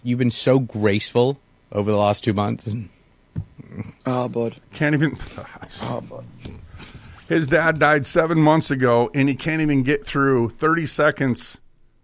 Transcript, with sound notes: You've been so graceful over the last two months.
Oh, bud.
Can't even... (laughs)
Oh, bud.
His dad died seven months ago and he can't even get through 30 seconds,